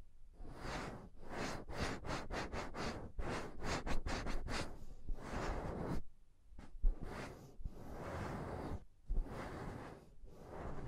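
Rapid scratching and rubbing against a microphone, in rhythmic bursts early on, then longer rough scrapes broken by sharp tapping thumps.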